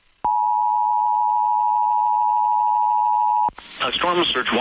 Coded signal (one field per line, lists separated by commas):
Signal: Emergency Alert System (SAME) tones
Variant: 853 and 960 Hz attention tone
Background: speech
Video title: EAS: Mandatory Evacuations/Hurricane Warnings for Florida from Hurricane Idalia │ NOAA Weather Radio